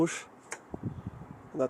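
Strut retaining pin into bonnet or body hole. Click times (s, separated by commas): 0.5 s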